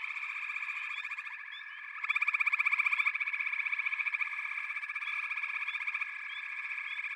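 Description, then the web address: Frog chorus of dense, overlapping pulsed trills forming a steady high drone, with a louder burst of rapid pulses for about a second in the first half. A chorus of frogs calling together. "The Natural Sounds of the Wilderness 10 CDs collection Echoes of Nature - Frog Chorus"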